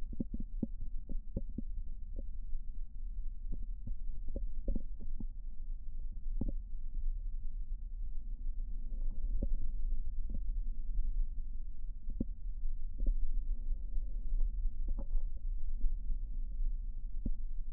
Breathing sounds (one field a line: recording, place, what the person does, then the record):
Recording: lung sounds by stethoscope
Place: right posterior basal chest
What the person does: quiet breathing, then deep breathing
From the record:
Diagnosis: COPD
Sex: male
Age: 70 years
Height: 174 cm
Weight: 94 kg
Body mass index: 31.0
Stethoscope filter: diaphragm mode